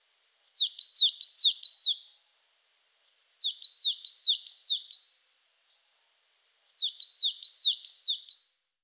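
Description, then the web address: Coal tit singing three phrases, each a rapid run of high, bright repeated two-note units, with short pauses between. "IVN Zangvogels Zwarte mees"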